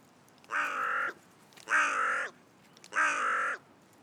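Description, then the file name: Carrion crow cawing: three harsh, hoarse, drawn-out caws, each about half a second long, evenly spaced. "Corvus corone"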